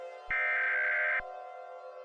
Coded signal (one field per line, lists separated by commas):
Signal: Emergency Alert System (SAME) tones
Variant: header bursts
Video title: EAS Scenario - Do Not Look Up